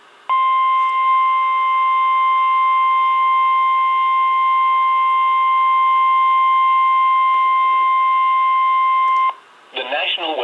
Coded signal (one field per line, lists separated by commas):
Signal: Emergency Alert System (SAME) tones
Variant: 1050 Hz attention tone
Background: speech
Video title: NOAA Radio EAS #13 Severe Thunderstorm Warning